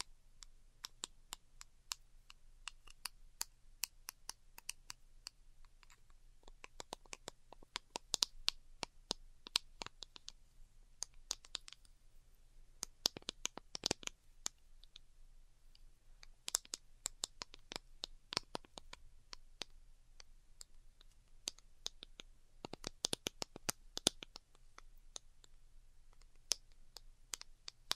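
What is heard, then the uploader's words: Delicate tapping made of quick, sharp clicks that come in irregular bursts, sometimes sparse and sometimes rapid clusters, notably around 13 and 23 seconds. Each tap is crisp and bright. A faint low hum sits steadily underneath throughout. ASMR DELICATE Tapping for Sleep (No Talking).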